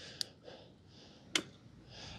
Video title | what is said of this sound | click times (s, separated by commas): QIEWA Q POWER 2 Electric Scooter Review Filmed in 4K - Plus $50 Discount - Dualtron Killer? | and now it's locked and when it's locked what's really handy about it it is in fact | 1.4 s